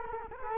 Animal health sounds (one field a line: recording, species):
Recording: mosquito wingbeat signal from an infrared sensor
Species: Culex quinquefasciatus